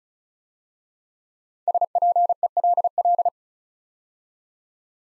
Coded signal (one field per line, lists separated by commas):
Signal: Morse code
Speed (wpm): 36 wpm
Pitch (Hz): 700 Hz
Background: none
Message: SPELL